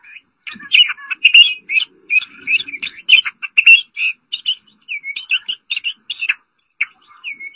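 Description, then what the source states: Oriental magpie-robin delivering a lively stream of varied whistles, chirps and quick chattering notes, with brief gaps between phrases. Song (kicauan).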